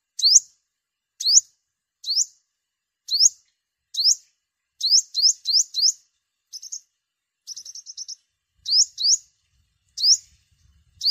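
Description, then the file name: Sunbird calls: thin, rising chirps repeated irregularly, with brief runs of rapid short notes mixed in. "tieng-hut-mat-5-mau-liu"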